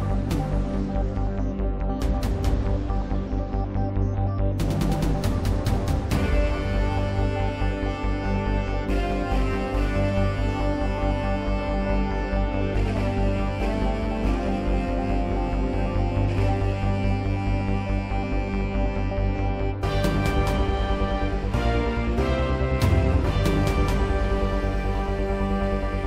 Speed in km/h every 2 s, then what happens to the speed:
135, 135, 135, 135, 135, 135, 137, 137, 137, 137, 137, 137, 135.
0-26 steady at about 135.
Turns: none.